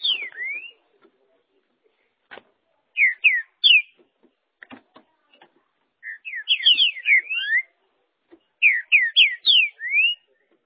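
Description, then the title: Green-winged saltator song: several bursts of sweeping, slurred whistles, some rising and some falling, separated by soft clicks and knocks. "Trinca Ferro"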